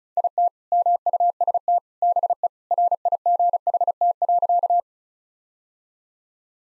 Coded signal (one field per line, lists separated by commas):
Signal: Morse code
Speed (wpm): 36 wpm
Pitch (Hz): 700 Hz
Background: none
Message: IT MUST BE RIGHT.